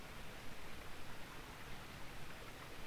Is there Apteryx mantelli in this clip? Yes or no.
no